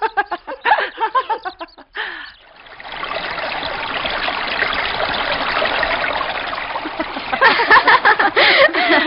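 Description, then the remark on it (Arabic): Rushing river water flows and splashes steadily in a dense, continuous wash as young women go to the river to cool off, preceded by brief voices and followed by more bursts of splashing and chatter near the end. “أجل، وهلم بنا إلى النهر لنبترد قبل أن يأتي رجال.”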